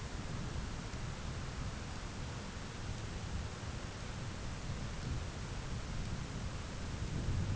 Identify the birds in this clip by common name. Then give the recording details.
none. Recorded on Arctic tundra, site ZACK-1, on 11 June 2019. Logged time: 11:49